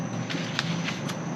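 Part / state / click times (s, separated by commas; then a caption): brake pad into caliper bracket / seated / 0.6 s. An outer disc brake pad on a Jeep TJ, with small ears on its steel backing plate, is slid into place in the caliper bracket. A single sharp knock at 0.6 s is heard over a steady low background noise, and the pad is seated.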